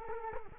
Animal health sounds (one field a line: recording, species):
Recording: mosquito wingbeat signal from an infrared sensor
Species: Culex quinquefasciatus